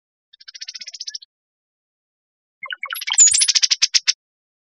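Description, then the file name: Brown-headed cowbird chatter, a rapid dry rattle of high notes lasting about a second, a pause, then a second longer rattle with a brief thin high whistle. Recorded 5 May 2002. "CR BHCO 3 050502"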